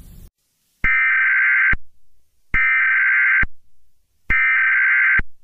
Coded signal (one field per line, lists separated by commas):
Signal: Emergency Alert System (SAME) tones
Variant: header bursts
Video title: EAS Scenario-Jack